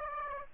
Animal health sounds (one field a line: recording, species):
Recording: mosquito wingbeat signal from an infrared sensor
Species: Aedes aegypti